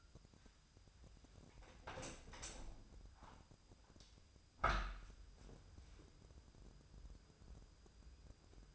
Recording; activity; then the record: daily activity, microphone in the room; open window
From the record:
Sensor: 2